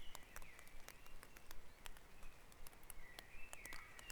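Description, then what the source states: Birds singing in a dawn chorus, faint whistled phrases sliding around a steady pitch, with scattered sharp clicks and a low background rumble. Dawn chorus recorded on Back Dragon Avenue, Harrogate, as part of a sound map of the town.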